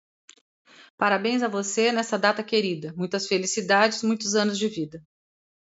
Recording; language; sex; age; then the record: short text; Brazilian Portuguese; female; 50 to 59 years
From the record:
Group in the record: control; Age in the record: 56 years